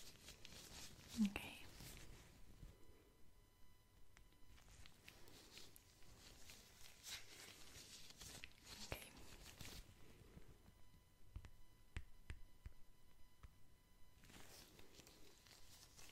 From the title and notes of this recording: ASMR Spa (Scalp Massage, Face Massage, Personal Attention, Lotion, Gloves, Cottons, Tapping).